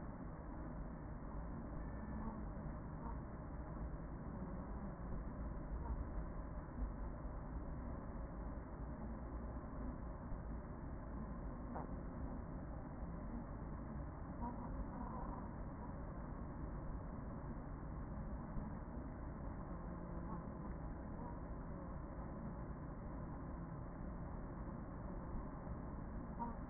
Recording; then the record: honeybee colony, microphone inside the hive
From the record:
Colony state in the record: queen present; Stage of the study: after two queens were removed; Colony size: about 40,000 bees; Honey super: no